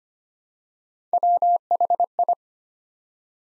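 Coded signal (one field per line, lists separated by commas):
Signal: Morse code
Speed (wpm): 25 wpm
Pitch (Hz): 700 Hz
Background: none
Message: WHI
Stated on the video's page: Morse Code Ninja practice set at 25 wpm, building 3- to 5-letter words one letter at a time.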